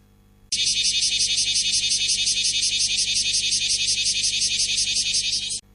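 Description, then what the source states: Bear cicada song: loud continuous harsh buzzing with a fast throbbing pulse, unbroken for about five seconds, then stopping abruptly. Summer cicada song.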